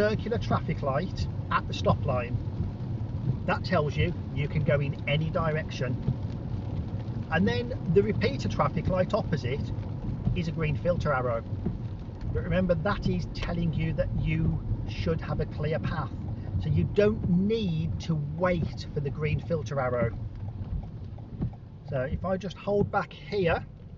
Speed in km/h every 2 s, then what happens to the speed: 39, 42, 42, 44, 42, 40, 37, 32, 24, 16, 8, 6.
0-10 steady at about 42. 10-24 slows to 6.